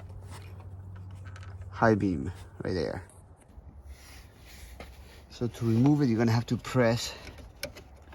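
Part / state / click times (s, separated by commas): wiring harness connector on a headlight bulb / released / 7.6 s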